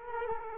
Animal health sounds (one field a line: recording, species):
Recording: mosquito wingbeat signal from an infrared sensor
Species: Culex quinquefasciatus